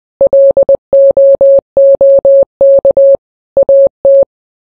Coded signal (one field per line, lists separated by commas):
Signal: Morse code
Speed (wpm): 20 wpm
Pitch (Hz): 550 Hz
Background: none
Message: LOOK AT